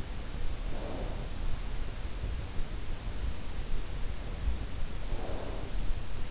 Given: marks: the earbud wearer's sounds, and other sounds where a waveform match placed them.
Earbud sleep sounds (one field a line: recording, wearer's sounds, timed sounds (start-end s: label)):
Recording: sounds in sleep by an in-ear microphone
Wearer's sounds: snoring breath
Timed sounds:
0.61-1.21 s: snoring breath
5.04-5.70 s: snoring breath